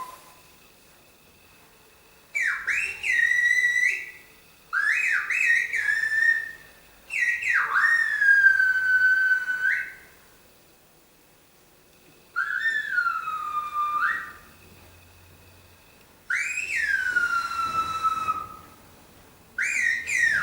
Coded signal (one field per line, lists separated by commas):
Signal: whistled language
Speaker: aquí le voy a colocar un ejemplo de lo que es el lenguaje celular, Otraito. Bueno, como verán, eh ellos tienen su su propio sistema, ¿no?, de habla, de comunicación. Eh, como verán, también ellos utilizan diferentes técnicas para este lenguaje, ¿no? Entonces, ellos para llamar, para hablar,